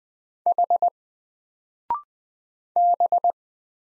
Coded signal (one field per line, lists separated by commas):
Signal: Morse code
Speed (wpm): 20 wpm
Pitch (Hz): 700 Hz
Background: none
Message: H B